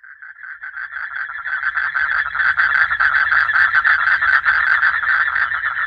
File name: Duttaphrynus melanosticus